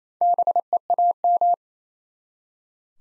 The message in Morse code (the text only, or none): BEAM